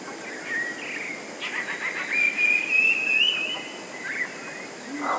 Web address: wroblowe teka 2 spiew. modraszkoteka